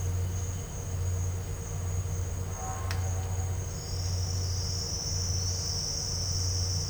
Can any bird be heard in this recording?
no